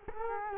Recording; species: mosquito wingbeat signal from an infrared sensor; Culex quinquefasciatus